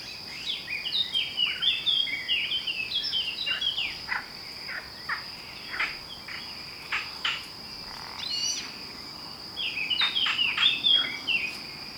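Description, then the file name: Eurasian blackcap song, chattering warbled phrases at the start and again near the end, broken by short clicks, with a constant high whine behind. "Sylvia atricapilla"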